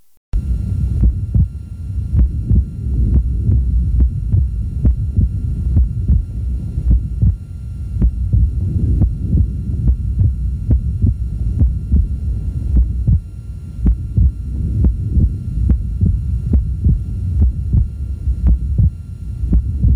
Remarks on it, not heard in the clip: Wide splitting of the second heart sound is present without physiologic variation. In the recording that you'll hear now, we're listening at the left upper sternal border. There is splitting with each heartbeat, and the splitting does not vary throughout the respiratory cycle. In addition, you'll hear a soft mid-systolic murmur. Both findings are characteristic of atrial septal defect with a large QP to QS.